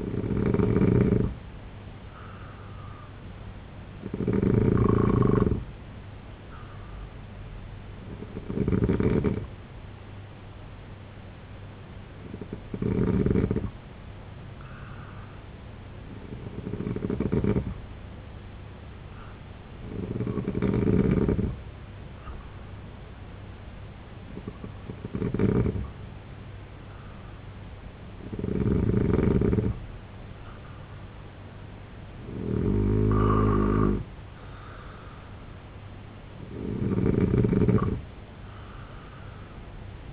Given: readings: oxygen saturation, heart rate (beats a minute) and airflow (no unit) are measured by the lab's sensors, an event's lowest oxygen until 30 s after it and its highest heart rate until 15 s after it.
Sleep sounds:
breathing in sleep by a voice recorder at the bedside; 1
13.00-30.40 s: hypopnea (N2, oxygen 92% highest, then 88% lowest, heart rate 70 at the start, 80 highest)
From the record:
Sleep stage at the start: N2 (light sleep); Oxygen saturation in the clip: 89 to 92%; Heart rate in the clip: 68 to 80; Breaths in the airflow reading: 10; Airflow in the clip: -4.2 to 6.2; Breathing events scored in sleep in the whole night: 258 in 7.4 hours asleep

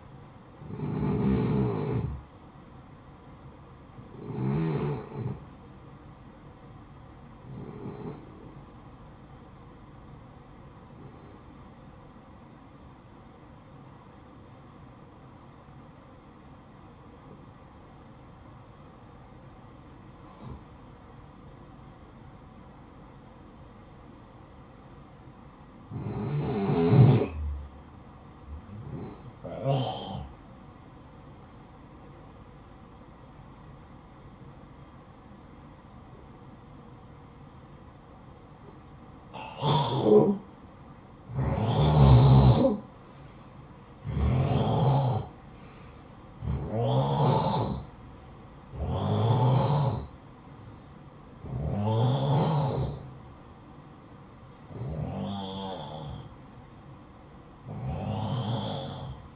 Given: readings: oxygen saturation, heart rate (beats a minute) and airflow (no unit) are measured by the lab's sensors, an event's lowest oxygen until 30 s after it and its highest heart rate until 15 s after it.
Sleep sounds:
breathing in sleep by a smartphone at the bedside; 1
1.00-59.36 s: new sleep stage, N1 (lightest sleep)
7.00-42.70 s: hypopnea (N1, oxygen 96% highest, then 89% lowest, heart rate 59 at the start, 68 highest)
From the record:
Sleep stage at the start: N2 (light sleep); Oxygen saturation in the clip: 89 to 96%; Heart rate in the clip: 54 to 69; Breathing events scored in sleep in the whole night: 573 in 9.8 hours asleep

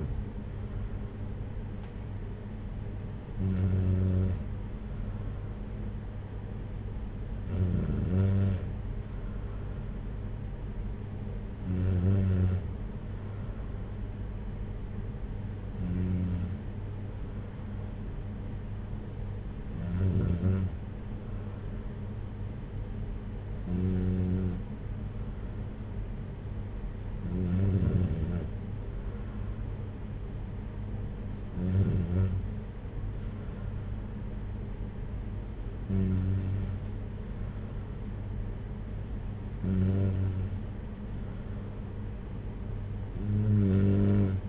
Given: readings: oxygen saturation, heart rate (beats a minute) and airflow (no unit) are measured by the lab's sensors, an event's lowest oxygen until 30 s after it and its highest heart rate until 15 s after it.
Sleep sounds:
breathing in sleep by a smartphone at the bedside; none
none scored
From the record:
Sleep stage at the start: N3 (deep sleep); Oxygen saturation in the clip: 93 to 94%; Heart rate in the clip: 57 to 62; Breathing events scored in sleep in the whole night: 226 in 8.8 hours asleep

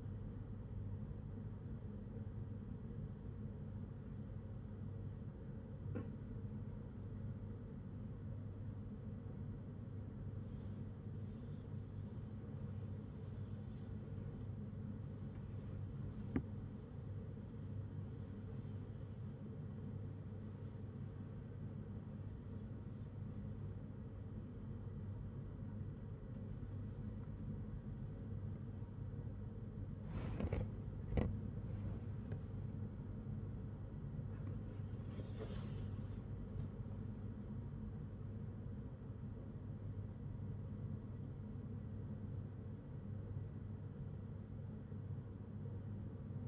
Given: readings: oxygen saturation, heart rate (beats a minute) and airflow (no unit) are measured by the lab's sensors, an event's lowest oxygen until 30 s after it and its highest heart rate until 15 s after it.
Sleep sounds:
a person awake in a sleep study, by a smartphone at the bedside; 1
0.00-46.48 s: awake
3.00-37.90 s: hypopnea (scored as awake, oxygen 96% highest, then 95% lowest, heart rate 68 at the start, 88 highest)
From the record:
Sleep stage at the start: awake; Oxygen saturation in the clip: 95 to 96%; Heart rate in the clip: 65 to 88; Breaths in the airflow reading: 11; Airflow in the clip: -8.7 to 10.0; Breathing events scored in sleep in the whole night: 182 in 7.4 hours asleep

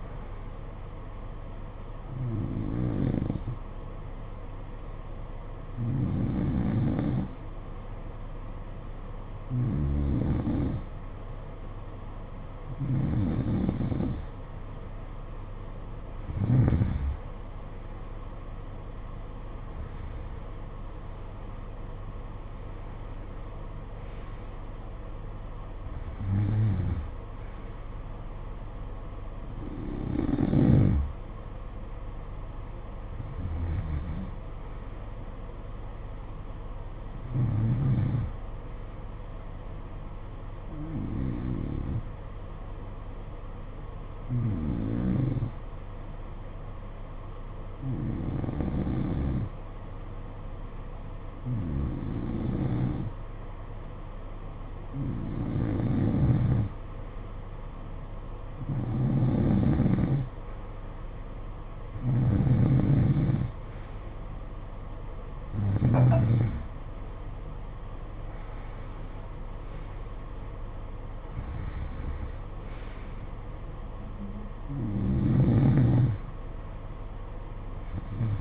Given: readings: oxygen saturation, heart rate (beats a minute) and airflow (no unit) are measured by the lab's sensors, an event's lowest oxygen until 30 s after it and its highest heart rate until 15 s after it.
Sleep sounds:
breathing in sleep by a smartphone at the bedside; 2
3.00-18.30 s: hypopnea (N2, oxygen 92% highest, then 90% lowest, heart rate 57 at the start, 60 highest)
15.00-45.00 s: new sleep stage, N1 (lightest sleep)
41.00-58.60 s: hypopnea (N1, oxygen 93% highest, then 89% lowest, heart rate 55 at the start, 68 highest)
45.00-78.41 s: new sleep stage, N2 (light sleep)
From the record:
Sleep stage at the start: N2 (light sleep); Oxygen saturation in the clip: 89 to 93%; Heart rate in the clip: 55 to 69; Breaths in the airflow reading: 22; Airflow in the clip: -11.7 to 9.2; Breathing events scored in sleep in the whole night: 476 in 9.7 hours asleep

